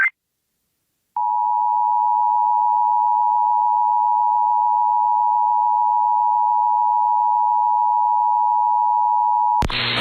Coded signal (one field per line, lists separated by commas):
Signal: Emergency Alert System (SAME) tones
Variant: 853 and 960 Hz attention tone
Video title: SHORT AND SWEET... EAS Tests from May 2025 (EAS #5,799 - 5,813)